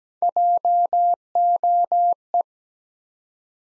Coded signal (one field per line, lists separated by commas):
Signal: Morse code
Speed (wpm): 17 wpm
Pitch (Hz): 700 Hz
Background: none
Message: JOE